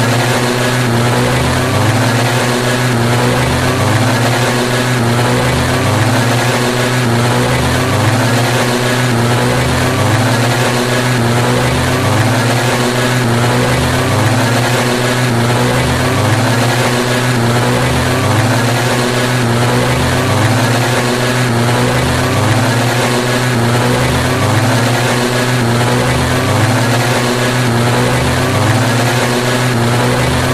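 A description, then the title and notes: Street-side outdoors in Brooklyn, a loud, steady engine-like drone fills everything, with a low throb that pulses regularly about every second and a half. A constant mid-pitched hum and a bright hiss sit over it, unchanging for the whole half minute. Lawn Guys. Recorded by Dan Bodah outside Dorchminster House, Brooklyn, June 2009.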